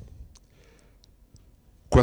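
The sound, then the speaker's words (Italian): Scattered, irregular mechanical clicks and ticks of the keyboards of fourteen linotype machines being struck by their operators in a print shop basement, over a low rumbling hum, ending in a sudden loud burst of clatter. “14 linotype sull'attenti. 14 linotipisti smanacciano sulla tastiera.”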